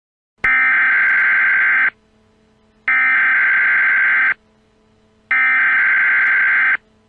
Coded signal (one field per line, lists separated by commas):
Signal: Emergency Alert System (SAME) tones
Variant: header bursts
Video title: Emergency Alert System- PA Black Friday Terrorist Attack Scenario